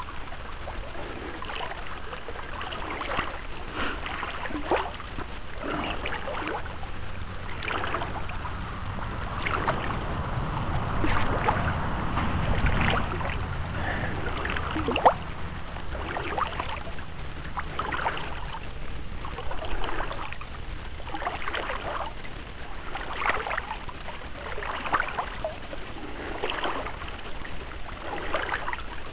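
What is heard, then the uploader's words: Water splashes and sloshes in a steady rhythm of swimming strokes, over a low rumbling undertone that swells around the middle. Wildswimming in France. I take a swim along a section of the Charente river near Chatain in the Poitou-Charente region of France. I start upstream at the bridge and go down as far as the weir, then back. This was recorded by an old MP3 player cable-tied to a woolly hat.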